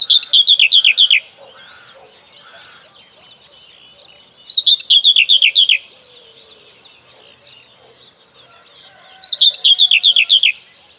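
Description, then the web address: Common whitethroat repeating a brisk scratchy phrase of rapid chattering notes about every five seconds, with faint other birdsong between phrases. "Przyroda Ptaki Cierniówka"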